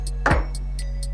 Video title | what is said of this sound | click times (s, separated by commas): HP Deskjet D1360 - How to change the Ink Cartridges. | to change the cartridges we simply just pull the cartridge down slightly and you'll hear it click out | 0.3 s